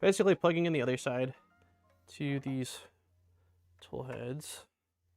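A USB-C cable connector is being plugged into the USB-C port on a 3D printer tool head while someone talks. Speech fills most of the clip, with a faint low hum in the pauses, and no click is heard. Nothing has seated or clicked yet.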